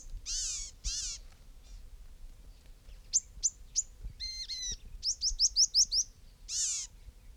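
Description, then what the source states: Gnatcatcher calls: harsh, nasal mewing notes and a quick series of high thin chips. Little call notes.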